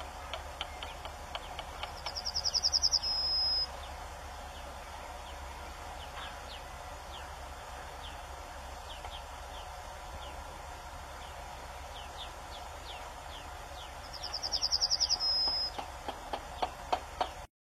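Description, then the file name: Yellowhammer singing twice, about twelve seconds apart: rapid repeated high notes closing on a held note, against scattered clicks. "Canto da escrevedeira amarela"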